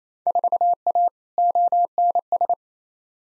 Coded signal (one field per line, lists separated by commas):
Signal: Morse code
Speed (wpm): 28 wpm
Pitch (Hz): 700 Hz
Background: none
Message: 4A ONS